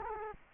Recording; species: mosquito wingbeat signal from an infrared sensor; Culex quinquefasciatus